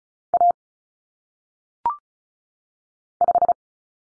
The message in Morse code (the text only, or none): A 5